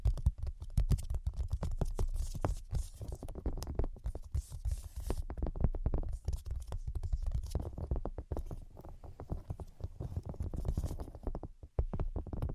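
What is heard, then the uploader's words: Rapid tapping runs the full thirteen seconds, a dense, uneven patter of short knocks with a heavy, thumpy low end. Some taps have a crisp, scratchy edge. The pace stays busy throughout, with only a brief dip in loudness near the twelfth second. ASMR Brain Penetrating 3D Tapping (No Talking).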